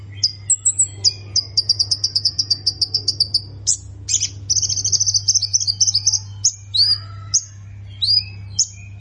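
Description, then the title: Plain prinia song: rapid high buzzy note series alternating with sharp chirps and slurred notes, with a constant low hum beneath. "Ciblek Sawah"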